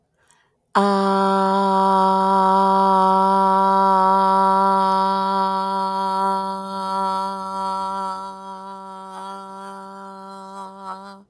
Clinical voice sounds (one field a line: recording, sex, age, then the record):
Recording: vowel held as long as possible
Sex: female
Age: 50 to 59 years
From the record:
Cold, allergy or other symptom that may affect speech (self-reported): no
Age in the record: 50 years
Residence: Georgia, United States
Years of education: 16